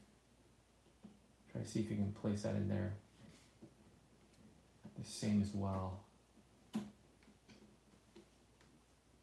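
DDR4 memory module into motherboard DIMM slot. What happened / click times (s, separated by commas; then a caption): The memory module is being handled and has not seated yet / none. A second DDR4 memory module is handled and lined up over its DIMM slot on a motherboard for an AMD Ryzen 7 1800X budget PC build while someone talks. Light tapping and handling sounds follow, with a sharper tap at 6.7 s and softer ones at 7.2 s and 8.6 s. The module has not seated or clicked into the slot yet.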